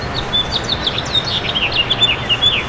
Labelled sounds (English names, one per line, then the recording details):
House Finch song
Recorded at Port Washington on Long Island, New York, on 22 May 2013
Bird A